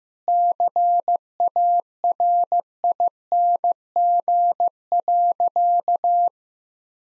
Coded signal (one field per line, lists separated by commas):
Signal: Morse code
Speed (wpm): 15 wpm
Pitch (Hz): 700 Hz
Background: none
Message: CARING.